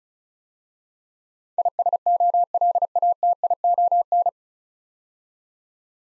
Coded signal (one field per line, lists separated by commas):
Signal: Morse code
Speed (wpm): 36 wpm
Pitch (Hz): 700 Hz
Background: none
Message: ISOLATION